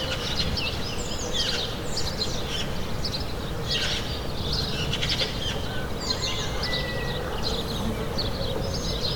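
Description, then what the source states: Birds singing together, with short chirps, trills and a few thin whistles coming in overlapping bursts above a constant low hum. Morning birds ambience.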